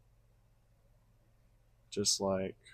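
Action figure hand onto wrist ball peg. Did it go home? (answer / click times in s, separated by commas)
no / none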